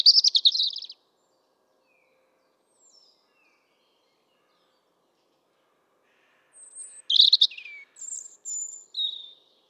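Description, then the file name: European robin song: a high, thin, jangling phrase at the start, a long pause, then a burst of varied sweet, trilling notes near the end. "Erithacus rubecula"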